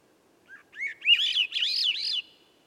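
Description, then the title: Swainson's thrush song: a short fluting phrase of whistled notes spiralling upward, rising in pitch through rolling loops, quiet background. Single bird singing at dusk near a campsite, perched 9 m away, 3 m up in a red alder at a cut clearing's edge among young western hemlock and redcedar; 15-minute performance; Sound Devices MixPre6, MicBooster Pluggy. "A Swainson's Thrush Gift"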